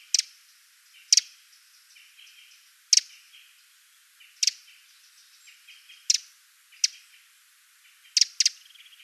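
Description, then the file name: Eurasian wren repeating dry, clicking tick calls every second or two, some paired, while faint thin bird notes sound in the background. "Troglodytes troglodytes"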